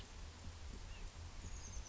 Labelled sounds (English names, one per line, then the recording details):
Oak Titmouse
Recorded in Sonoma County, California